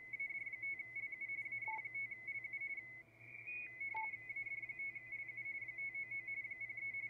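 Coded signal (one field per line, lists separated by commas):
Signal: RTTY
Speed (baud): 45.45 baud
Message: AD5LU AD5LU AD5LU 599 03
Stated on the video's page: Live RTTY operation on a Yaesu FT-710 AESS demo unit.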